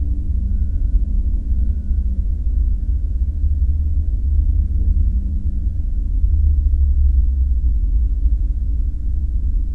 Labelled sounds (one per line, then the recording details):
aircraft
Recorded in the Prudhoe Bay oil fields, Alaska, on 5 September 2019 at 01:05
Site 14